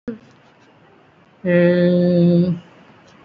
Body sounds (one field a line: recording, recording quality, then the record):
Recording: sustained vowel as in made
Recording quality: excellent, no background noise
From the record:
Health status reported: recovered from COVID-19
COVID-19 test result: positive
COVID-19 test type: RT-PCR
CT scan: taken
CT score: 0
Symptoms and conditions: cough, cold, breathing difficulty, muscle pain, chronic lung disease, pneumonia, diabetes, another condition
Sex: male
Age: 53 years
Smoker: yes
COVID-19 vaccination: none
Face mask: worn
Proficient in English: no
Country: India